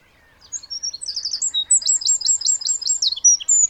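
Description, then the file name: Eurasian wren song, an energetic, high-pitched run of quick repeated notes and short trills continuing to the end. "Troglodytes troglodytes"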